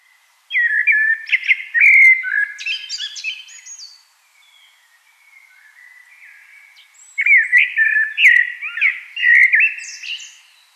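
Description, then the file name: Common blackbird song: two warbled phrases a few seconds apart, each fluting and mellow with sharp high twittering notes woven in. "Turdus merula"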